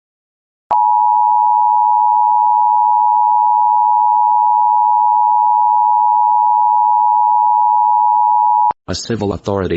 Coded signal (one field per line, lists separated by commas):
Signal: Emergency Alert System (SAME) tones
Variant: 853 and 960 Hz attention tone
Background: speech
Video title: EAS Compilation | 4/2/2026 Texas Statewide Tornado Drill Alerts